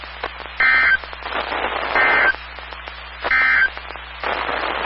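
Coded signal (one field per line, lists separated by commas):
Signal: Emergency Alert System (SAME) tones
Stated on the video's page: Ohio statewide tornado drill received on weather radio stations WWG57, WXJ46 and KIG86.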